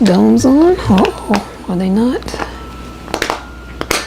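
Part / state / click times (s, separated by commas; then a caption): plastic dome lid onto plastic parfait cup / seated / 3.8 s, 3.9 s. A clear plastic dome lid is pressed onto a plastic parfait cup while someone talks. After a few quieter ticks, the lid snaps into place with two sharp clicks at 3.8 and 3.9 seconds and is seated.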